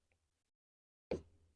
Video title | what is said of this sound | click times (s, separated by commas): Installing our NEW AUDI R8 Carbon Fibre ANTI-BUFFETING Mirror Triangles | locate you actually hear it click there | 1.1 s